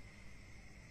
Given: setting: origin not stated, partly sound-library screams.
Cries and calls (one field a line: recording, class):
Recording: one-second piece from a danger detection set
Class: normal situation